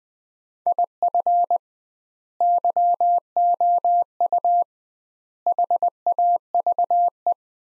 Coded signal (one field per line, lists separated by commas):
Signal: Morse code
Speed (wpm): 20 wpm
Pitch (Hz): 700 Hz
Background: none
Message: IF YOU HAVE